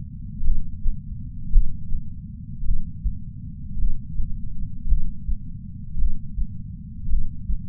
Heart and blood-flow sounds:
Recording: heart sounds by patch sensor on the chest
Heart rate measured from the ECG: 54 bpm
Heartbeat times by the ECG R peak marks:
0.42 s: heartbeat
1.50 s: heartbeat
2.62 s: heartbeat
3.76 s: heartbeat
4.86 s: heartbeat
5.96 s: heartbeat
7.07 s: heartbeat
From the record:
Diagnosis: coronary artery disease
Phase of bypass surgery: postoperative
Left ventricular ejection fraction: 51.3%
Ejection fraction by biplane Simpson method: 50.8%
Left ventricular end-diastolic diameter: 53 mm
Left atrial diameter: 44 mm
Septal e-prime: 5.6 cm/s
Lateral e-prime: 9.8 cm/s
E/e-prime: 14.5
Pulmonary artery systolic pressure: 20 mmHg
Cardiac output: 6.3 L/min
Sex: male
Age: 70 years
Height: 165 cm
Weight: 70 kg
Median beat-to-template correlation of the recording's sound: 0.86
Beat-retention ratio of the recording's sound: 1.00

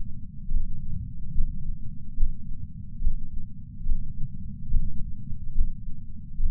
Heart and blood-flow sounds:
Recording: heart sounds by patch sensor on the chest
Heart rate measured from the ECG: 71 bpm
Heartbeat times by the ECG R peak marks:
0.52 s: heartbeat
1.36 s: heartbeat
2.18 s: heartbeat
3.02 s: heartbeat
3.87 s: heartbeat
4.72 s: heartbeat
5.56 s: heartbeat
6.40 s: heartbeat
From the record:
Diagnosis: coronary artery disease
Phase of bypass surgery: preoperative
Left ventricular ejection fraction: 69.1%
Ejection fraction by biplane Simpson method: 68.2%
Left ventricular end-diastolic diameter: 44 mm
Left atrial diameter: 36 mm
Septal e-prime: 8.3 cm/s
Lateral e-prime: 8.5 cm/s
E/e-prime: 10.7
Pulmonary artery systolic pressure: 35 mmHg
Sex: male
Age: 76 years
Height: 165 cm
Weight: 79 kg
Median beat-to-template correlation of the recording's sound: 0.89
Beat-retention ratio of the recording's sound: 0.98

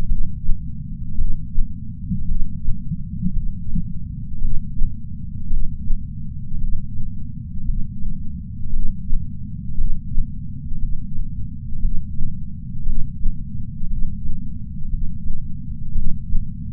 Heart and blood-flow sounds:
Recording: heart sounds by patch sensor on the chest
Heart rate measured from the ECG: 57 bpm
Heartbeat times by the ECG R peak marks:
0.07 s: heartbeat
1.16 s: heartbeat
2.26 s: heartbeat
3.32 s: heartbeat
4.39 s: heartbeat
5.48 s: heartbeat
6.59 s: heartbeat
7.65 s: heartbeat
8.71 s: heartbeat
9.76 s: heartbeat
10.79 s: heartbeat
11.80 s: heartbeat
12.84 s: heartbeat
13.88 s: heartbeat
14.89 s: heartbeat
15.93 s: heartbeat
From the record:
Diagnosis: coronary artery disease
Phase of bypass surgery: preoperative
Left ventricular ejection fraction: 62%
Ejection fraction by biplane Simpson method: 62.4%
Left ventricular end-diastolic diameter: 51 mm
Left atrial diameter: 40 mm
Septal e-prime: 9.2 cm/s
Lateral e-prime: 9.2 cm/s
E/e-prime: 8.2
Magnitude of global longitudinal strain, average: 18.8%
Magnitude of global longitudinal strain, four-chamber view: 19.4%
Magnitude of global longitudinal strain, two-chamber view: 19%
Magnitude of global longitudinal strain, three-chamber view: 18.1%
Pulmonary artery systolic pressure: 24 mmHg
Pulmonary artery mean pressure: 10 mmHg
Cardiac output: 4.7 L/min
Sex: male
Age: 57 years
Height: 175 cm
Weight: 80 kg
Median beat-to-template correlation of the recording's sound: 0.88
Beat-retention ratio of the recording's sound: 0.93

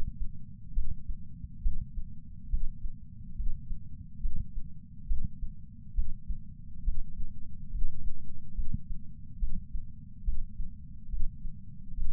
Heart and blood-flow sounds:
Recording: heart sounds by patch sensor on the chest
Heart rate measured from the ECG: 70 bpm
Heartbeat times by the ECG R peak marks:
0.74 s: heartbeat
1.62 s: heartbeat
2.50 s: heartbeat
3.36 s: heartbeat
4.21 s: heartbeat
5.07 s: heartbeat
5.95 s: heartbeat
6.84 s: heartbeat
7.71 s: heartbeat
8.55 s: heartbeat
9.39 s: heartbeat
10.24 s: heartbeat
11.10 s: heartbeat
11.95 s: heartbeat
From the record:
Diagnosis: coronary artery disease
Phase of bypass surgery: preoperative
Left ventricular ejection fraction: 65.2%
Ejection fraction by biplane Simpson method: 56.6%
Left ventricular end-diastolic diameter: 45 mm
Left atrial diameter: 34 mm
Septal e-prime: 5.7 cm/s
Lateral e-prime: 8.2 cm/s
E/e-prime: 7.6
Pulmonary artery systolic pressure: 21 mmHg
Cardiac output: 6.8 L/min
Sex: male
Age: 69 years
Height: 174 cm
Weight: 79 kg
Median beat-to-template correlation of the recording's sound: 0.95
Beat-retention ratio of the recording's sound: 0.99

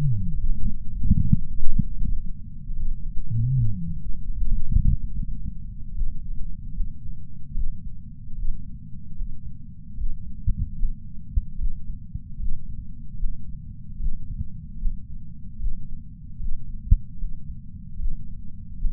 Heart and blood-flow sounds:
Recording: heart sounds by patch sensor on the chest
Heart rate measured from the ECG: 75 bpm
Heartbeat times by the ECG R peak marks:
0.38 s: heartbeat
1.18 s: heartbeat
1.97 s: heartbeat
2.77 s: heartbeat
3.56 s: heartbeat
4.37 s: heartbeat
5.15 s: heartbeat
5.95 s: heartbeat
6.75 s: heartbeat
7.55 s: heartbeat
8.37 s: heartbeat
9.17 s: heartbeat
9.98 s: heartbeat
10.78 s: heartbeat
11.59 s: heartbeat
12.40 s: heartbeat
13.19 s: heartbeat
14.00 s: heartbeat
14.80 s: heartbeat
15.60 s: heartbeat
16.40 s: heartbeat
17.19 s: heartbeat
18.00 s: heartbeat
18.80 s: heartbeat
From the record:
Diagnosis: coronary artery disease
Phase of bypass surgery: preoperative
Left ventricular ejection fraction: 63%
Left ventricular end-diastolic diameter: 47 mm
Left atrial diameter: 37 mm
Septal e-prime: 4.5 cm/s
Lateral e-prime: 7.1 cm/s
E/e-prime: 8.6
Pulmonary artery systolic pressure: 20 mmHg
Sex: male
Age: 77 years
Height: 160 cm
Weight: 79.5 kg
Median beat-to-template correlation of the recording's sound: 0.81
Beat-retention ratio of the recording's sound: 0.99

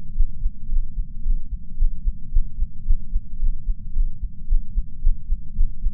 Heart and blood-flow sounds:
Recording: heart sounds by patch sensor on the chest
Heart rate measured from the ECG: 111 bpm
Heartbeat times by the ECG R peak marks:
0.14 s: heartbeat
0.67 s: heartbeat
1.22 s: heartbeat
1.76 s: heartbeat
2.30 s: heartbeat
2.84 s: heartbeat
3.38 s: heartbeat
3.92 s: heartbeat
4.46 s: heartbeat
5.00 s: heartbeat
5.54 s: heartbeat
From the record:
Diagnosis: coronary artery disease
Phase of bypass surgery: postoperative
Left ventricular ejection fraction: 34.9%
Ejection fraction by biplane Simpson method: 32.7%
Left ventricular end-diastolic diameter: 59 mm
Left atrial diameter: 36 mm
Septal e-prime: 3 cm/s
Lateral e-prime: 7 cm/s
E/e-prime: 12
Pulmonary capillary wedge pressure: 12 mmHg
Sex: male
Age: 49 years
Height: 175 cm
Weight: 80 kg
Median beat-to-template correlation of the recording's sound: 0.90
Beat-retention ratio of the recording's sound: 0.99

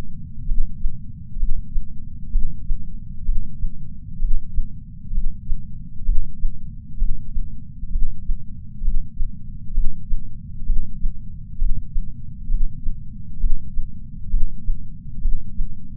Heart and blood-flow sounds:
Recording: heart sounds by patch sensor on the chest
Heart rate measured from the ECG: 65 bpm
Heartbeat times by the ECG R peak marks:
0.49 s: heartbeat
1.41 s: heartbeat
2.33 s: heartbeat
3.27 s: heartbeat
4.22 s: heartbeat
5.15 s: heartbeat
6.07 s: heartbeat
7.00 s: heartbeat
7.93 s: heartbeat
8.85 s: heartbeat
9.75 s: heartbeat
10.67 s: heartbeat
11.60 s: heartbeat
12.52 s: heartbeat
13.41 s: heartbeat
14.32 s: heartbeat
15.23 s: heartbeat
From the record:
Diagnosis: coronary artery disease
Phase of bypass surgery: preoperative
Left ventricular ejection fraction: 62.1%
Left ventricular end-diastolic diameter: 45 mm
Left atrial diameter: 40 mm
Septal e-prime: 8 cm/s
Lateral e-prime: 10 cm/s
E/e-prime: 5.6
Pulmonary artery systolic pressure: 22 mmHg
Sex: male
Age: 60 years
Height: 170 cm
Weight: 67 kg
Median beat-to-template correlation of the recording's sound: 0.93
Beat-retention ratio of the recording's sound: 1.00

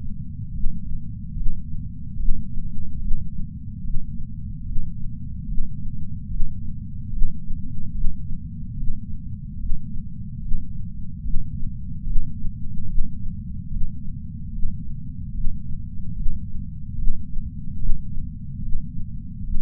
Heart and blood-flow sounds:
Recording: heart sounds by patch sensor on the chest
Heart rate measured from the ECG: 73 bpm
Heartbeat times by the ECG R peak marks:
0.50 s: heartbeat
1.33 s: heartbeat
2.16 s: heartbeat
2.98 s: heartbeat
3.80 s: heartbeat
4.62 s: heartbeat
5.44 s: heartbeat
6.26 s: heartbeat
7.08 s: heartbeat
7.91 s: heartbeat
8.74 s: heartbeat
9.56 s: heartbeat
10.38 s: heartbeat
11.20 s: heartbeat
12.02 s: heartbeat
12.84 s: heartbeat
13.66 s: heartbeat
14.49 s: heartbeat
15.30 s: heartbeat
16.12 s: heartbeat
16.94 s: heartbeat
17.76 s: heartbeat
18.58 s: heartbeat
19.40 s: heartbeat
From the record:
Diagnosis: coronary artery disease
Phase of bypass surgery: intraoperative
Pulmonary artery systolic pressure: 14 mmHg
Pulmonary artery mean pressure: 10 mmHg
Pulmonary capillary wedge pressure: 9 mmHg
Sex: female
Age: 74 years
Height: 160 cm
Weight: 64 kg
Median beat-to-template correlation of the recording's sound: 0.90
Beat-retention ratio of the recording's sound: 0.99

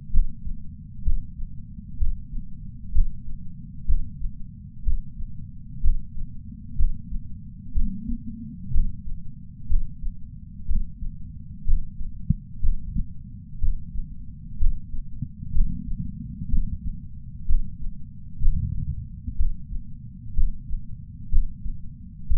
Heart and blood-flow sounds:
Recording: heart sounds by patch sensor on the chest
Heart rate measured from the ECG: 62 bpm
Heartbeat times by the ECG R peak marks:
0.12 s: heartbeat
1.05 s: heartbeat
2.00 s: heartbeat
2.94 s: heartbeat
3.87 s: heartbeat
4.85 s: heartbeat
5.83 s: heartbeat
6.78 s: heartbeat
7.75 s: heartbeat
8.73 s: heartbeat
9.69 s: heartbeat
10.68 s: heartbeat
11.66 s: heartbeat
12.62 s: heartbeat
13.61 s: heartbeat
14.60 s: heartbeat
15.54 s: heartbeat
16.51 s: heartbeat
17.48 s: heartbeat
18.41 s: heartbeat
19.38 s: heartbeat
20.36 s: heartbeat
21.31 s: heartbeat
22.29 s: heartbeat
From the record:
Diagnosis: coronary artery disease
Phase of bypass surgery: preoperative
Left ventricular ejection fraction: 60.1%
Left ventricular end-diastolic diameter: 44 mm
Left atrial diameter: 31 mm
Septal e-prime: 6.8 cm/s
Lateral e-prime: 9.8 cm/s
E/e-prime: 5.9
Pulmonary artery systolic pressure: 20 mmHg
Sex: male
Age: 60 years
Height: 167 cm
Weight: 58 kg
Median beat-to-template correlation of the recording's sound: 0.95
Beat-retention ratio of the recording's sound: 0.99

